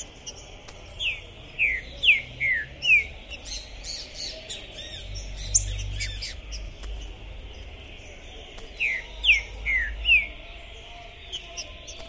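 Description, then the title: Green-winged saltator song: two bursts of five or six loud, clear descending whistled notes, separated by a pause. Captive trinca-ferro, 'pistoleiro' type, singing, chirping and 'macheando' (male display) while warming up for a singing contest, at the entrance of a tournament, 2021. "ESQUENTAR Seu TRINCA Piando, Cantando E Macheando Na DISPUTA. TRINCA FERRO ficou POSSUÍDO na PORTA do TORNEIO. Trinca Ferro Pistoleiro 2021"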